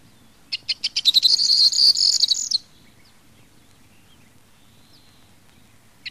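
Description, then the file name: Corn bunting singing once: spaced sharp ticks accelerate into a bright, tinkling jangle like shaken keys, ending abruptly, followed by near silence and a brief final tick. "STRILLOZZO"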